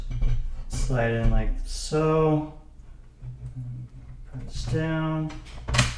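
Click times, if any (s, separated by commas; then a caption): 5.8 s. Someone talks while the monitor stand is slid, top edge first, into the rear mount of a Dell UltraSharp 27 4K USB-C monitor (U2720Q) and pushed until it locks. A sharp click sounds at 5.8 s as the stand snaps into the mount and seats.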